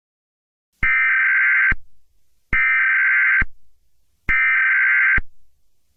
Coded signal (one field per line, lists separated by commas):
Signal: Emergency Alert System (SAME) tones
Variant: header bursts